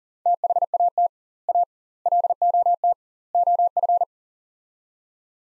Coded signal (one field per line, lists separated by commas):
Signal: Morse code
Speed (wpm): 40 wpm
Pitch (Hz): 700 Hz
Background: none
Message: THAT A LOT OF